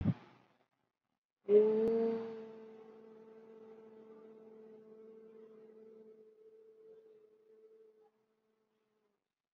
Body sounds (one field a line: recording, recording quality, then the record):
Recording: sustained vowel as in boot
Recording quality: excellent, no background noise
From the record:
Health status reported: COVID-19 positive, moderate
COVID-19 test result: positive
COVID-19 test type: RT-PCR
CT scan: taken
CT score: 8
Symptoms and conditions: cough, cold, breathing difficulty, fever, fatigue, loss of smell and taste, another condition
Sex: female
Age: 43 years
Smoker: no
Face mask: worn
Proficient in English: no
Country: India